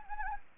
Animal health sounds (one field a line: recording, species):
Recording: mosquito wingbeat signal from an infrared sensor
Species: Anopheles gambiae